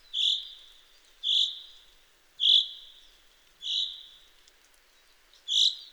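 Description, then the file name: Common chaffinch calling with single sharp high notes repeated about every second, five in a row, against a quiet background. "Fringilla coelebs"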